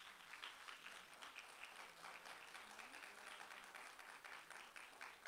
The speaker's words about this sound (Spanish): Amados, recibamos con un aplauso estas bellezas.